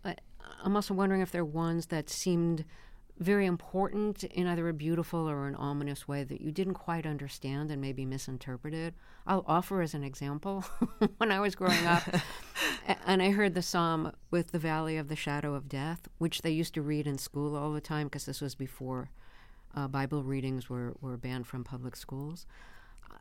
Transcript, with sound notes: And I'm also wondering if there are ones that seemed very important in either a beautiful or an ominous way that you didn't quite understand and maybe misinterpreted. I'll offer as an example (laughter) when I was growing up and I heard the psalm with the valley of the shadow of death, which they used to read in school all the time because this was before bible readings were banned from public schools.